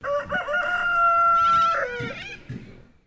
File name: BIRD ROOSTER UNKNOWN CROW